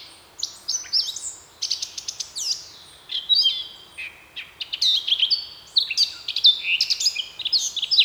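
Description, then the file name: Eurasian blackcap song, a rich run of quick warbled phrases with clear fluty whistles, broken by short pauses and repeating throughout. "Sylvia atricapilla"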